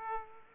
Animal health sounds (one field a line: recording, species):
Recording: mosquito wingbeat signal from an infrared sensor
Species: Aedes aegypti